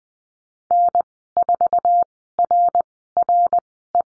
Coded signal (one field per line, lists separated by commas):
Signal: Morse code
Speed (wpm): 20 wpm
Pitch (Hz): 700 Hz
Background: none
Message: N4RRE